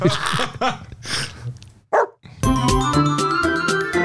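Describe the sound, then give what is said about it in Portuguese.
Frightened dogs bark in a quick string of short, sharp yelps at a man in a realistic dog costume walking on all fours, then a steady, tonal droning sound takes over and continues to the end. “Olha os cachorros com medo, velho.”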